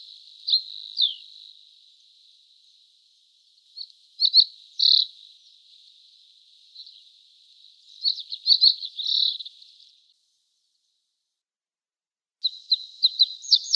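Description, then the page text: Pine bunting song, several short high trilled phrases separated by pauses. Sings trills. "Звук Белошапочная овсянка поет трели"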